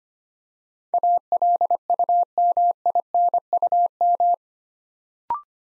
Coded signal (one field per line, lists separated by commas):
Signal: Morse code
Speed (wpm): 25 wpm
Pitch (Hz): 700 Hz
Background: none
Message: ALUMINUM